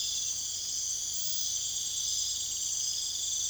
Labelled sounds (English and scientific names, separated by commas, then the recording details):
none
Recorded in secondary vegetation near Puerto Asís, Putumayo, Colombia, on 29 June 2025
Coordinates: 0.488, -76.319
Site G094